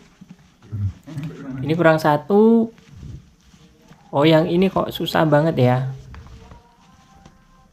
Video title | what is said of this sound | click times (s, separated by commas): Akhirnya Selesai Merakit Baby Walker - SpaceBaby - Siap dipakai Belajar Jalan | Dia nggak mau muncul, dia malah ke dalam. | none